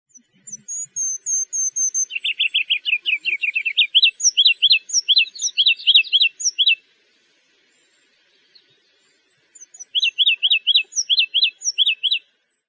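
Ruby-crowned kinglet song: a few thin, very high notes, then a rapid twittering run and loud, bouncy repeated three-note phrases. After a pause it resumes with more phrases and high notes.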